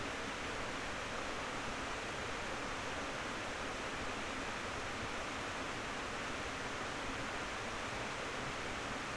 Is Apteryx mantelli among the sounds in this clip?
no